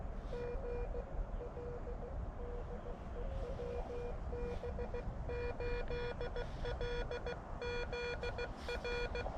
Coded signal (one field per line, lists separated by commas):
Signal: Morse code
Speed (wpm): 16 wpm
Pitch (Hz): 480 Hz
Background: none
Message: GL DE WB8LZR